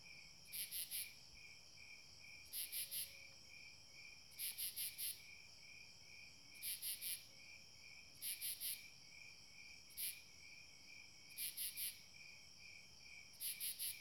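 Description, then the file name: Crickets chirping in short bursts of high pulses, roughly every two seconds, over a continuous whining insect drone. Crickets recorded together with a whining insect. "freesound crickets"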